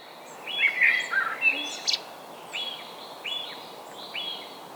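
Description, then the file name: Eurasian blackbird song: a warbled phrase, followed by a few short, thin notes roughly every second, over a steady background hiss. "Turdus merula"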